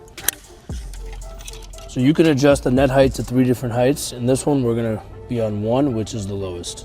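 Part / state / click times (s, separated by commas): lateral frame arm spring button into frame tube / seated / 0.3 s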